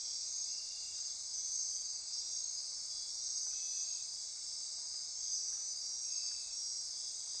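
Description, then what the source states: Insect chorus, continuous high-pitched ringing trills in overlapping layers, with occasional short lower buzzes. Insect chorus at midnight near Corcovado.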